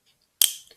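On the second try, the rear part of a t:slim insulin pump's cartridge and tubing assembly is pulled back until it clicks. A sharp, bright click at 0.4 s, strongest in the high frequencies, fades out over about a third of a second, with faint small ticks around 0.2 s and 0.7 s. The part is seated in place.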